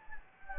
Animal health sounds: mosquito wingbeat signal from an infrared sensor; Anopheles gambiae

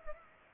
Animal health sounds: mosquito wingbeat signal from an infrared sensor; Culex pipiens

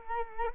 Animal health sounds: mosquito wingbeat signal from an infrared sensor; Culex quinquefasciatus

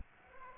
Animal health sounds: mosquito wingbeat signal from an infrared sensor; Aedes aegypti

